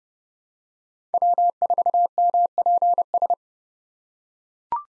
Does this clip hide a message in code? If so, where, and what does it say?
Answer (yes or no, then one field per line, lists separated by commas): yes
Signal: Morse code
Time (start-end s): 1.1-3.3 s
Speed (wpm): 30 wpm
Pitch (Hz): 700 Hz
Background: none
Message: W4MPS